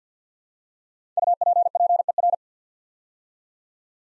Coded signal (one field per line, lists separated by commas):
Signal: Morse code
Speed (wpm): 50 wpm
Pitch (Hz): 700 Hz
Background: none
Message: UPPER